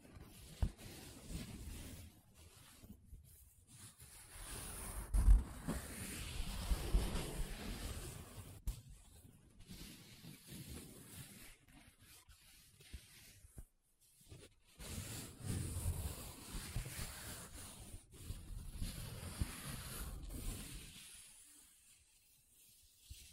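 Paper being rubbed and scratched in uneven strokes, with rough hissy swells around 5 and 15 seconds and brief quiet gaps between.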